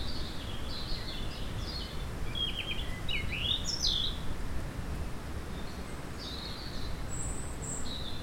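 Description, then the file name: European robin song: high sweeping whistles and a quick twittering run in the middle, then fainter thin notes, beneath heavy low rumbling noise. "Erithacus rubecula"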